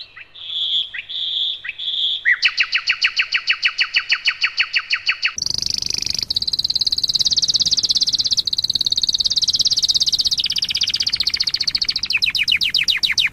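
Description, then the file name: Domestic canary song: a few short whistled notes, then a fast buzzy trill and long rapid rolling trills, ending in quick rising sweeps. Song of a domestic canary combined with nightingale song. "kombinasi kenari nightingale"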